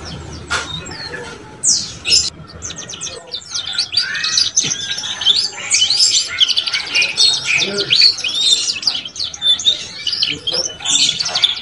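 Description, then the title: Belgian canary song, a dense run of high chirps, trills and buzzy warbled phrases, nearly continuous with short breaks. Song to warm up young Belgian canaries and stimulate them to start singing and chirping quickly. "Canto Para Esquentar Canário Belga. SUARA KENARI PAUD CUIT CUIT BELAJAR BUNYI - pancingan kenari paud muda agar cepat bunyi dan ngeriwik"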